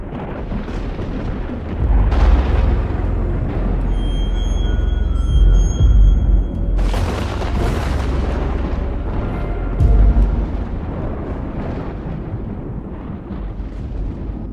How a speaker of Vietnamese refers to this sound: Tiếng nổ vang cả trời đất. Một luồng sét khổng lồ từ trên thiên không, theo lệnh của Trần Long, đánh thẳng xuống cây táo.